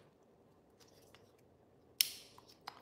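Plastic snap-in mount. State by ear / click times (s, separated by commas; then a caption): seated / 2.0 s. An action camera is fitted into its quick-release mounting bracket, and after a few faint handling sounds a sharp, bright click rings out at 2.0 s as it snaps and seats firmly in place. A couple of softer taps follow as it settles.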